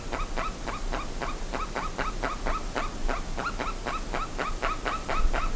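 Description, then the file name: Bird calls, short yelping notes with a quick upward hook, repeated rapidly and steadily throughout, over a low background rumble. "SABIOD 50 bird 2015"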